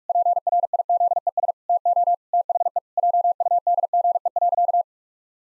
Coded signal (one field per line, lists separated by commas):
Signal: Morse code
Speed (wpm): 46 wpm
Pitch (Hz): 700 Hz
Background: none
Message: PRIZES TO THE JUDGE.